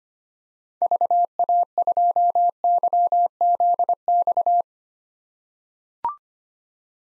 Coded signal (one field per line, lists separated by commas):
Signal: Morse code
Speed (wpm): 25 wpm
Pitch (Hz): 700 Hz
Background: none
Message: VA2YZX